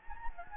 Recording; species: mosquito wingbeat signal from an infrared sensor; Anopheles gambiae